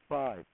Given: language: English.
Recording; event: throat vibration sensor signal played as sound; speech